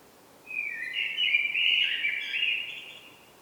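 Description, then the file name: Common blackbird giving one warbled, twittering phrase, wavering in pitch, over quiet background hiss. "Turdus merula"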